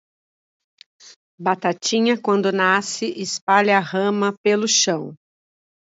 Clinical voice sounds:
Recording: short text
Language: Brazilian Portuguese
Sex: female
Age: 50 to 59 years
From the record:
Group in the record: control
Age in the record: 55 years

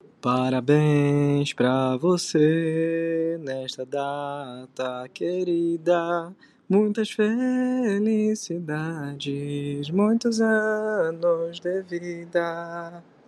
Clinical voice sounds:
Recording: short text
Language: Brazilian Portuguese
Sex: male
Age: 18 to 19 years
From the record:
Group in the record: control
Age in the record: 18 years

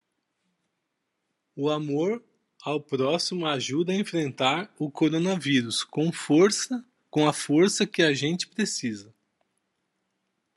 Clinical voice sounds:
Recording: spoken sentence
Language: Brazilian Portuguese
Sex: male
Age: 50 to 59 years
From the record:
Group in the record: control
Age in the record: 51 years

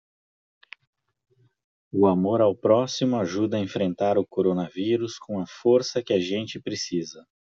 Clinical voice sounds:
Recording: spoken sentence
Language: Brazilian Portuguese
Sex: male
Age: 40 to 49 years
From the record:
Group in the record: control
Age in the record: 45 years

